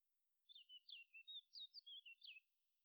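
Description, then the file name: Eurasian blackcap giving a soft, fast, varied warbling phrase of chirpy slurred notes lasting about two seconds, with faint background hiss. "Sylvia atricapilla"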